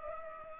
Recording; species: mosquito wingbeat signal from an infrared sensor; Culex pipiens